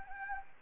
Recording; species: mosquito wingbeat signal from an infrared sensor; Anopheles arabiensis